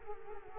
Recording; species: mosquito wingbeat signal from an infrared sensor; Culex quinquefasciatus